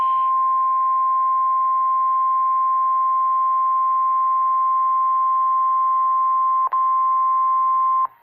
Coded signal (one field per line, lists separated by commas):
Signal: Emergency Alert System (SAME) tones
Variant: 1050 Hz attention tone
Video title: [EAS #38] RWT [2/28/2018]